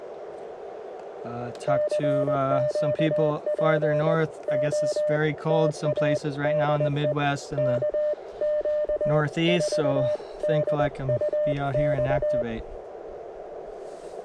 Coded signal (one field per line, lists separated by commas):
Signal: Morse code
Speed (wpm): 20 wpm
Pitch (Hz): 600 Hz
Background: speech, radio noise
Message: CQ POTA DE KQ4DUX